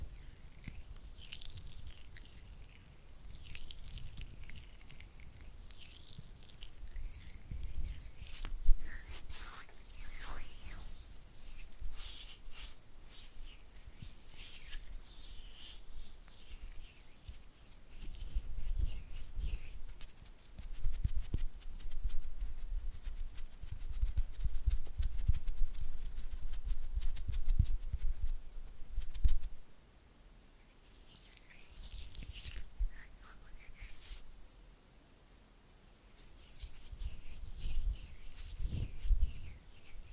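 Oily hands rub and flutter their fingers in a continuous stream of slick, wet patting and smearing. The texture is dense and irregular, with soft low thumps underneath and bright, hissy squelches that swell and fade, briefly dropping away near 30 seconds and again around 35.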